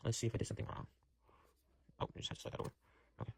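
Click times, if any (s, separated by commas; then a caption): none. A plastic Lego pin is handled and pushed into a Lego McLaren P1 car model assembly after a mistake is fixed, while someone talks. Nothing has seated or clicked yet; the piece is not yet home.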